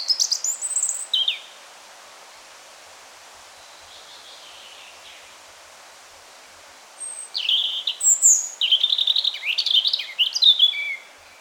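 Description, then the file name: European robin singing two phrases: a short high warble, several seconds of quiet hiss, then a longer tumbling sequence of sweet high notes and trills. "Erithacus rubecula"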